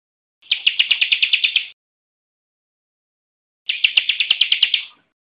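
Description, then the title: Bar-winged prinia song, two short rattling phrases of bright, high notes in rapid even succession, separated by a pause. "Kicau Ciblek"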